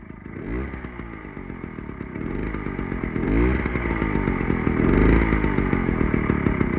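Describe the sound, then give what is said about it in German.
A moped's small engine buzzes and revs unevenly, its whiny tone rising and falling in repeated surges as it grows steadily louder over about seven seconds. “Also, zuerst das Moped.”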